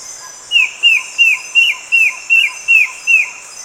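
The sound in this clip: Bird calls: eight short whistled notes, each sliding down, repeated about every third of a second over a steady high insect buzz.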